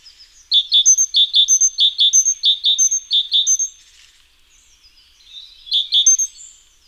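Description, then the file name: Great tit giving bright, high two-note phrases repeated rapidly several times, a brief pause, then a few more paired notes resuming at the end. "Parus major"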